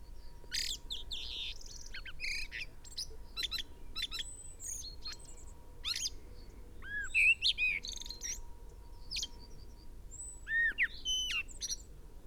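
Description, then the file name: Common blackbird giving loud arched whistled notes near seven and eleven seconds, amid a busy mix of high chirps, buzzy trills and sharp clicks, over a steady faint hum. "Turdus merula"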